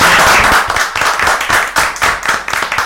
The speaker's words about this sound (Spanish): Les agradecemos en serio a la gente de Uniendo Clásicos de Argentina y ya que estamos aprovechamos un aplauso.